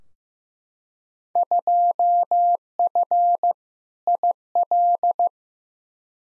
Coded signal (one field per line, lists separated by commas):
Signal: Morse code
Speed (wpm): 15 wpm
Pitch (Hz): 700 Hz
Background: none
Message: 2F IL